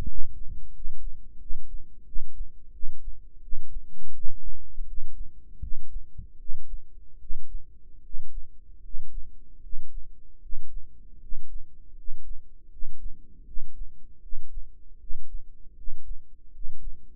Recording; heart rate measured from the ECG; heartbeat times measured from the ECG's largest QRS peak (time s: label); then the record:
heart sounds by microphone in the right ear; 80 bpm
0.06 s: heartbeat
0.72 s: heartbeat
1.38 s: heartbeat
2.04 s: heartbeat
2.71 s: heartbeat
3.41 s: heartbeat
4.12 s: heartbeat
4.85 s: heartbeat
5.60 s: heartbeat
6.37 s: heartbeat
7.18 s: heartbeat
8.02 s: heartbeat
8.81 s: heartbeat
9.61 s: heartbeat
10.40 s: heartbeat
11.19 s: heartbeat
11.95 s: heartbeat
12.69 s: heartbeat
13.44 s: heartbeat
14.20 s: heartbeat
14.98 s: heartbeat
15.74 s: heartbeat
16.51 s: heartbeat
From the record:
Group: healthy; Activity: rest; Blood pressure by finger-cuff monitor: 112/73 mmHg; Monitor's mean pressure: 82 mmHg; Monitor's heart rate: 79 bpm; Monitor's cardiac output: 6.4 L/min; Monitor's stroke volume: 80 mL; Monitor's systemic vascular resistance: 910 dyn s/cm5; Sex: male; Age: 35 years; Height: 180 cm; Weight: 86.9 kg